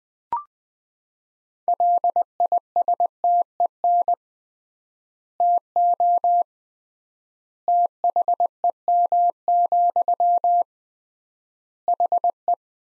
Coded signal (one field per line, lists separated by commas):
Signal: Morse code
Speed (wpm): 20 wpm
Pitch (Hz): 700 Hz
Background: none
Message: LISTEN TO THEM, HE